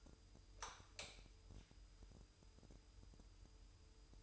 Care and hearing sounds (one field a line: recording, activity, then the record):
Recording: daily activity, microphone in the room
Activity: light on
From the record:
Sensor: 2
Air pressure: 988.3 hPa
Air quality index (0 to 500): 190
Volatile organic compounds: 177 ppm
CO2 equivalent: 4132 ppm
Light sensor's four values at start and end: 7/16/7/7 and 11/34/14/14